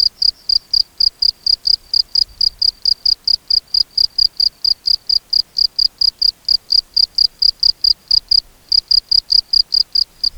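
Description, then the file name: Field cricket song: loud, high, pure chirps repeated steadily, with one brief pause near the end. Recorded at Sandfeld, Röttenbach, on 13 July 2013. "Gryllus campestris 20130713 Sandfeld Roettenbach Schott"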